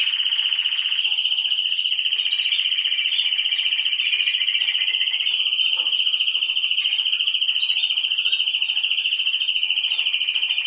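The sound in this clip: Canary holding one fast, loud, high-pitched trill almost unbroken for about ten seconds, with faint extra chirps scattered above.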